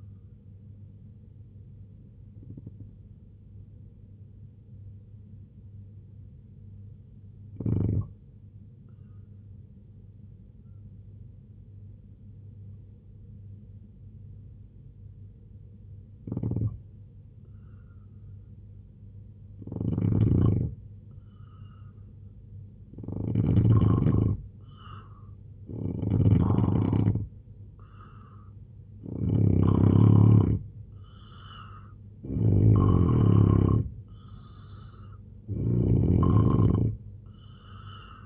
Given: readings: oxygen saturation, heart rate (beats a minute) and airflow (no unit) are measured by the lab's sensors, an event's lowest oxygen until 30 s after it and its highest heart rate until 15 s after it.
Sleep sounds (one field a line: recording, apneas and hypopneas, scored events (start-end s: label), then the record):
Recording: breathing in sleep by a smartphone at the bedside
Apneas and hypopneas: 1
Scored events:
3.00-22.30 s: hypopnea (N1, oxygen 94% highest, then 85% lowest, heart rate 64 at the start, 83 highest)
17.00-38.25 s: new sleep stage, N2 (light sleep)
From the record:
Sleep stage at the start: N1 (lightest sleep)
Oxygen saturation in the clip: 82 to 94%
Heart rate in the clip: 63 to 83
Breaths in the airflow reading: 8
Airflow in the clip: -4.2 to 5.4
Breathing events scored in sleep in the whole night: 258 in 7.4 hours asleep